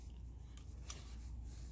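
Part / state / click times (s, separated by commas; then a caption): piston ring into piston ring groove / seated / 0.9 s. A metal piston ring for a 95" big bore kit on a Harley Twin Cam is walked around the piston by hand until it snaps into its groove. A faint tick comes at 0.6 s, then a sharp, bright snap at 0.9 s over a low steady hum. The ring is seated in its groove.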